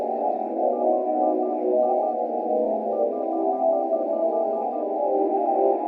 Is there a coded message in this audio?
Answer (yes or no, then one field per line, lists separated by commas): no